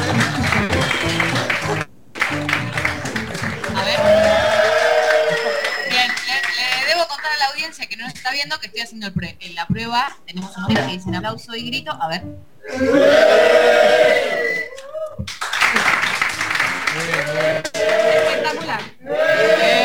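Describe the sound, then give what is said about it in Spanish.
Bursts of audience applause with scattered sharp claps during a test, broken by loud group shouts and cheers that rise and fall in several waves over about twenty seconds. “Tenemos un aplauso y grito.”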